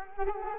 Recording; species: mosquito wingbeat signal from an infrared sensor; Culex quinquefasciatus